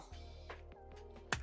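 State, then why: Not seated. A plastic latching piece is pushed into place on an RG Tallgeese EW Gunpla model kit while music plays steadily underneath. Faint taps come at about 0.5 s and 0.7 s, and a loud sharp hit lands at 1.3 s, but none of them is the latch. Nothing has seated or clicked: the part does not latch at all and just falls out.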